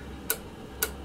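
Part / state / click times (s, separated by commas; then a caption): spring-loaded coupler lever on a model train boxcar truck / seated / 0.3 s, 0.8 s. After the screw holding the spring on a model train boxcar truck's coupler is tightened, the spring-loaded metal/plastic coupler lever is flicked and snaps back into its closed position under spring tension. Two sharp, bright clicks sound at 0.3 s and 0.8 s over a quiet low hum. The lever now springs shut firmly, where before it was loose and flopping when going over switches.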